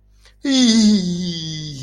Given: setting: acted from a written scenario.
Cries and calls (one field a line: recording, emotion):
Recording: vocal sound without words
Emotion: fear